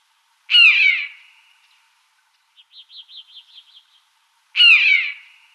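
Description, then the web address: Long-legged buzzard giving two long, piercing mews that slide downward, four seconds apart, with a soft wavering trill from another bird in between. "Schulze Peter Long-legged Buzzard"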